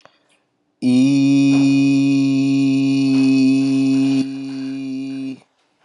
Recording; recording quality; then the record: sustained vowel as in beet; excellent, no background noise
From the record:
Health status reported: COVID-19 positive, moderate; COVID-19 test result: positive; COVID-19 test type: RT-PCR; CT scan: not taken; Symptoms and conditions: cough, cold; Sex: male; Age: 23 years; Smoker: no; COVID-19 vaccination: both doses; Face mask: not worn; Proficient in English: yes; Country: United States